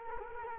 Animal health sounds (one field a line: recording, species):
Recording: mosquito wingbeat signal from an infrared sensor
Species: Culex quinquefasciatus